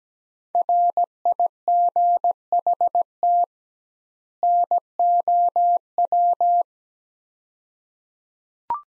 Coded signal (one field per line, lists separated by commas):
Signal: Morse code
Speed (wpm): 17 wpm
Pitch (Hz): 700 Hz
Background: none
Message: RIGHT NOW